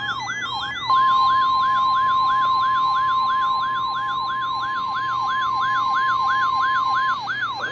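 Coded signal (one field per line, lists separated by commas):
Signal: Emergency Alert System (SAME) tones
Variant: 1050 Hz attention tone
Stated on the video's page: Back-to-back weekly tests from two National Weather Service offices.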